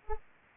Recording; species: mosquito wingbeat signal from an infrared sensor; Anopheles arabiensis